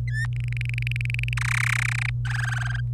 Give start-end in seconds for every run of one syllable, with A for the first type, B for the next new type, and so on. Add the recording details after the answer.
0.08-0.26 A, 0.33-1.33 B, 1.37-2.10 C, 2.25-2.80 D. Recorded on 26 April 2018 at 09:50. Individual llb3